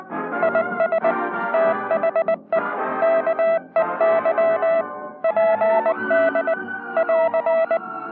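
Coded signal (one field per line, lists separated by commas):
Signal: Morse code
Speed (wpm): 20 wpm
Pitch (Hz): 660 Hz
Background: music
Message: IS THE KEY PD <AR>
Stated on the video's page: Morse code training from a 1966 US Army film.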